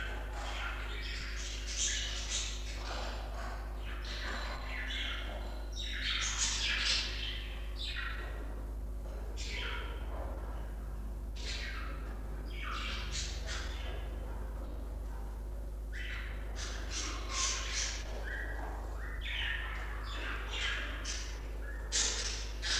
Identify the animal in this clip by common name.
Budgerigar